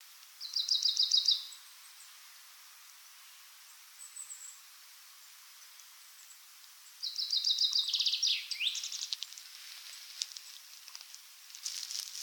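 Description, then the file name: Common chaffinch song: a bright, rapid trill given twice about six seconds apart, the second ending in a flourish, with quieter high notes between and after. "Fringilla coelebs"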